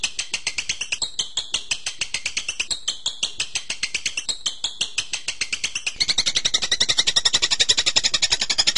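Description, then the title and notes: Bird pouring out quick, repeated high chips that swell into a louder, fuller trill for the last few seconds. Birdsong used to train birds. "MASTERAN BURUNG. suarane manok"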